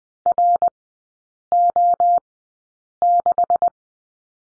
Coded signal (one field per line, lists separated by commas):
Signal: Morse code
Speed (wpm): 19 wpm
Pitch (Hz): 700 Hz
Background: none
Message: RO6